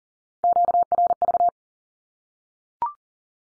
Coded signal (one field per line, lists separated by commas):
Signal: Morse code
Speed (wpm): 42 wpm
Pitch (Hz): 700 Hz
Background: none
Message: QRV